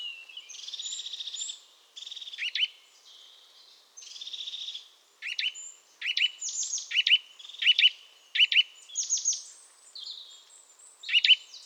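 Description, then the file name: Eurasian nuthatch uttering quick sharp whistled notes, mixed with buzzy trilled phrases and drawn-out tones early on. "Sitta europaea"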